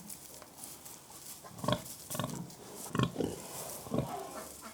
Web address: The BBC Sound Effects Library Livestock Pigs Grunting